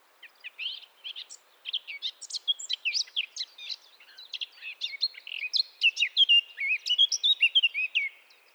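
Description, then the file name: Eurasian blackcap song, a long, quick chattering warble of mixed high notes. "Sylvia atricapilla"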